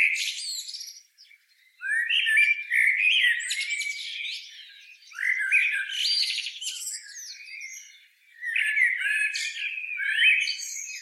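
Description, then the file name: Eurasian blackbird giving harsh, squawky chattering phrases with warbled notes, in bursts separated by short pauses. "Turdus merula"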